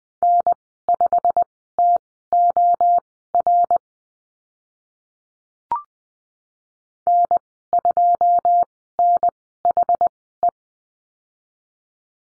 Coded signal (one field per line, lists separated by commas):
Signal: Morse code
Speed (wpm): 20 wpm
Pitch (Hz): 700 Hz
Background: none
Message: N5TOR N2NHE